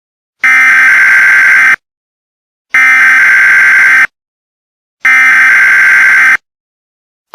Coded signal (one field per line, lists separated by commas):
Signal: Emergency Alert System (SAME) tones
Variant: header bursts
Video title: EAS Scenario: Chemical Explosives